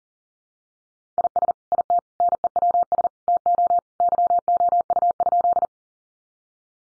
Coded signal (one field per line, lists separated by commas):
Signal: Morse code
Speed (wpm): 40 wpm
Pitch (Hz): 700 Hz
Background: none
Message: IS IT NEWS TO YOU?